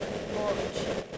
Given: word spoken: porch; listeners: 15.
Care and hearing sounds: one English word in noise, from a listening test; noise modulated by three-talker babble; -4.0 dB; 1 of 15; 6 of 15; 0.78 s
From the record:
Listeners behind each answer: 6, 4, 2, 1, 1, 1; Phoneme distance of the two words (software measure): 44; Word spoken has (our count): 1 syllable, 3 phonemes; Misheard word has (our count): 2 syllables, 5 phonemes, stress on syllable 1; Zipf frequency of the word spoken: 3.47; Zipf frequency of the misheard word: 4.64

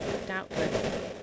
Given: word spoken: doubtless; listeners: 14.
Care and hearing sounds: one English word in noise, from a listening test; noise modulated by three-talker babble; -5.4 dB; 4 of 14; 7 of 14; 0.83 s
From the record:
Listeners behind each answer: 7, 4, 2, 1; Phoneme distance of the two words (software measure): 21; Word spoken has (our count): 2 syllables, 6 phonemes, stress on syllable 1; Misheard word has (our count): 1 syllable, 3 phonemes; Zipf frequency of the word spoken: 2.87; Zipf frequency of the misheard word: 4.89

